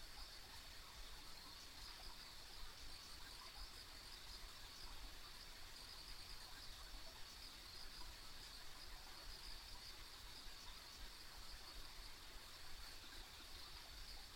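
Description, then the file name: Insects trill steadily in a bright high band, continuous and even, accompanied by low, soft background noise. Ambient insect sounds on a country road. "田舎道の虫の環境音"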